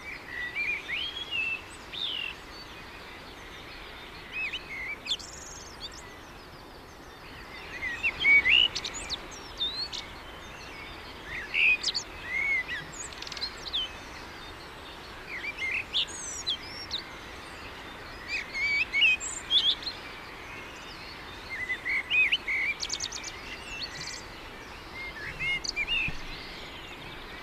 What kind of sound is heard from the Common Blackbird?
song